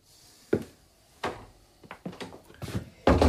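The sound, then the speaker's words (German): A door is pushed shut amid a series of knocks and rattling clunks, the handling noises coming irregularly before a final loud, heavy thud as it closes. “Jetzt komm erst mal rein, Benny, und mach die Tür zu.”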